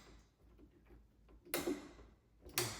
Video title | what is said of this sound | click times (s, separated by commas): Quick Mini vlog- in Canada 🇨🇦 solo cycle 🚲 trip in Gym 365 / Day 181 #coachmathi365 #fit_tamila | இந்த இடத்துல இப்படி lock பண்ணிரனும் | 1.5 s, 2.6 s